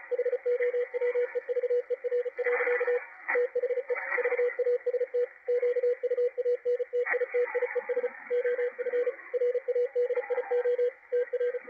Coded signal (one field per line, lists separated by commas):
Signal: Morse code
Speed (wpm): 34 wpm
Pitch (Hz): 490 Hz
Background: radio noise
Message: HOWEVER. THE VAST QUANTITIES OF RADIO TR